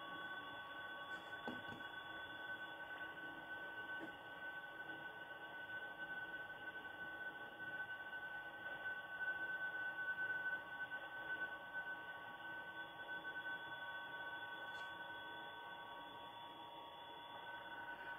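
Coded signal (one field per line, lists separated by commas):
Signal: PSK31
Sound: continuous warbling steady tone around 1.5 kHz in hissy radio noise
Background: radio static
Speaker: the mood is PSK 31 I will try to make a contact ha here's one [Music] that is long CQ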